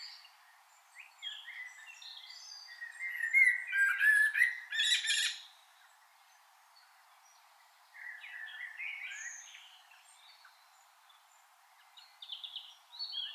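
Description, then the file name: Common blackbird song phrases: low fluty whistles near the middle range ending in a loud squeaky twitter, a pause, then softer warbled phrases and brief high notes. "Turdus merula"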